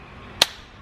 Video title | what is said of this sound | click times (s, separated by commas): Jeep Gladiator Key Fob Color Match | Should hear a snap in a second. | 0.4 s